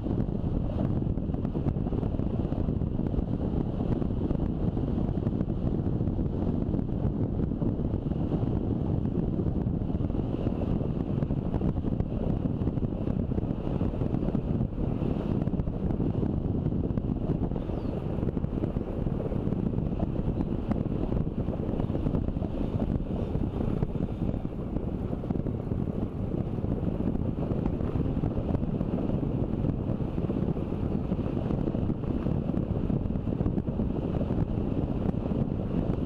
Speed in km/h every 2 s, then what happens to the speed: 32, 32, 31, 30, 30, 29, 29, 30, 29, 28, 27, 26, 25, 29, 29, 30, 30, 30.
0-36 steady at about 29.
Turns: 19-25.